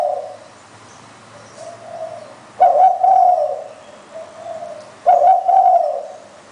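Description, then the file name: Spotted dove cooing, loud two-part phrases about two and a half seconds apart, with quieter coos in the gaps. "นกเขาใหญ่"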